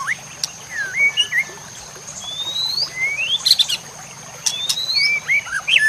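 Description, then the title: White-rumped shama singing rising whistled slides and quick twisting notes, mixed with sharp clicks, over a constant thin high-pitched tone. Masteran, a training recording for caged birds; labelled labaik. "MURAI BATU LABAIK"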